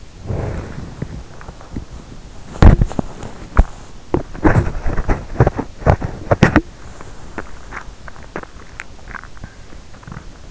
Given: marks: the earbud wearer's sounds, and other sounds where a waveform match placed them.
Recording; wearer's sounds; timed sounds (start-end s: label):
sounds in sleep by an in-ear microphone; body movement, teeth grinding, swallowing
0.00-6.67 s: body movement
0.84-2.24 s: teeth grinding
6.75-10.51 s: teeth grinding
8.60-9.49 s: swallowing